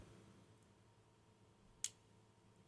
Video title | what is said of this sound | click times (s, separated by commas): Silvercrest SAS 87 Activity Tracker - Cheap Everyday Tech E01 - from Lidl/Aldi (2020) | that's where it snaps onto | 1.8 s